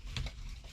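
An electrician handles the plastic cover on an LED downlight's tool-free wiring connector after terminating the cable, closing it shut. Soft plastic handling noises come with short taps near 0.2 s and 0.8 s. The clip ends before the cover snaps home, and nothing has clicked or seated yet.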